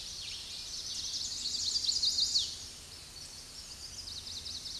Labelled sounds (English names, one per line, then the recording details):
Chestnut-sided Warbler song
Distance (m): 15 m
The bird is about 5 m above the microphone
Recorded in a Pennsylvania forest on 16 May 2024 at 08:09
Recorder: AudioMoth, point MSD-2257
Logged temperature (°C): 16.0 °C
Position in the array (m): 180 m, 182 m